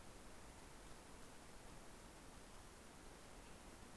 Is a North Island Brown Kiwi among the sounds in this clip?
no